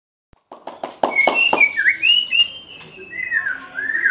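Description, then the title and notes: White-rumped shama song opening with a quick series of dry clicks, followed by clear whistled notes that rise and fall in sweeping slurs. Song of the bird, offered for training caged birds (masteran). "Suara Kicau Burung Murai Batu. burung murai buat masteran"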